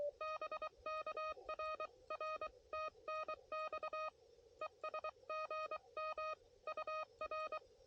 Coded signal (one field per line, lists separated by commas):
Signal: Morse code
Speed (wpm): 23 wpm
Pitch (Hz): 1250 Hz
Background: none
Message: BK RR TNX ES GM UR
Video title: QRP CW POTA US-11197